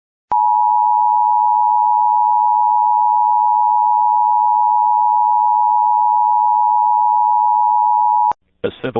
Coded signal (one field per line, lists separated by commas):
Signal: Emergency Alert System (SAME) tones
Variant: 853 and 960 Hz attention tone